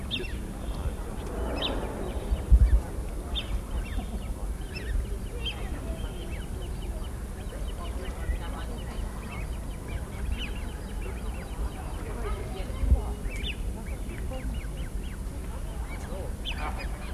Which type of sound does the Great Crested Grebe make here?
call